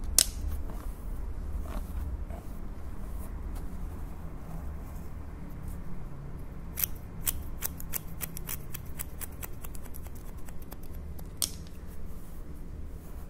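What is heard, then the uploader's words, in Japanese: Scissors cut with a series of sharp, bright snips, scattered early on and then coming in a quicker, fairly regular run from about seven to twelve seconds. A low, steady rumble sits underneath throughout, with faint rustling between the cuts. (ASMR)ハサミでカット。ホワイトノイズよりの音となります。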